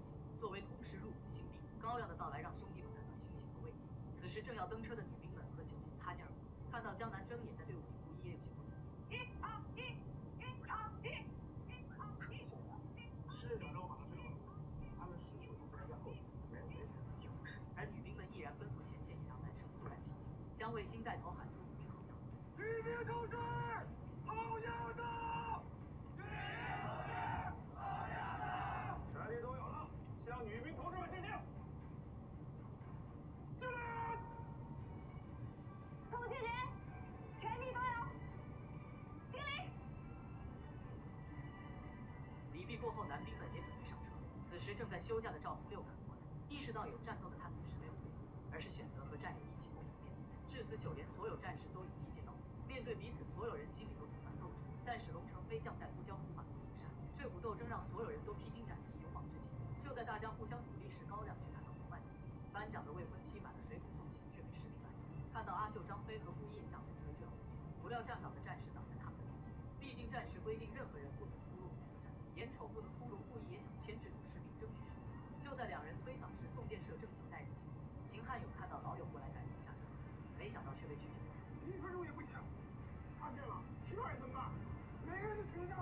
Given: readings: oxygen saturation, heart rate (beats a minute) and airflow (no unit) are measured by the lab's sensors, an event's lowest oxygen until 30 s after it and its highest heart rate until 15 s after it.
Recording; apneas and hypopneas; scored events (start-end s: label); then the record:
a person awake in a sleep study, by a smartphone at the bedside; none
0.00-85.82 s: awake
From the record:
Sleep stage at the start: awake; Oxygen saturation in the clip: 92 to 95%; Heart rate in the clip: 71 to 80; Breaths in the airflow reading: 23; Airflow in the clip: -5.9 to 5.5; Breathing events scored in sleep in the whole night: 263 in 5.5 hours asleep